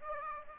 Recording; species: mosquito wingbeat signal from an infrared sensor; Aedes aegypti